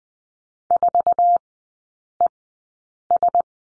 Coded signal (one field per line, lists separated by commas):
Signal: Morse code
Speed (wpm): 20 wpm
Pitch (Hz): 700 Hz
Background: none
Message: 4ES